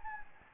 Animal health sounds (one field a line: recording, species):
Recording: mosquito wingbeat signal from an infrared sensor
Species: Anopheles gambiae